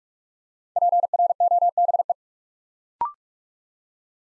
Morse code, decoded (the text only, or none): PROBE